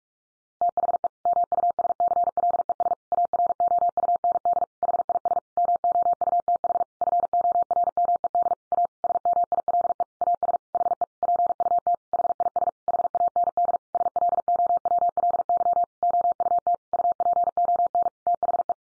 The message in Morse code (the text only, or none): THE MUSCLES AROUND HIS MOUTH FORMED A SMILE AS HE PUT HIS HAND SLOWLY OUT UPON THE